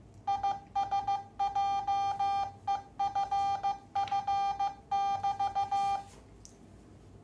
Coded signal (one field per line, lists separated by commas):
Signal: Morse code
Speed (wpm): 15 wpm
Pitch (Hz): 800 Hz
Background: none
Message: IS JEFF <BT>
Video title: The Heathkit SA-5010 μMatic Memory Keyer